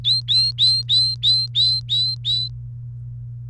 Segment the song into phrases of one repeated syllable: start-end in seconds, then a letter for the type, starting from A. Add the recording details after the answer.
0.04-2.48 A. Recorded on 29 April 2018 at 09:03. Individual llb3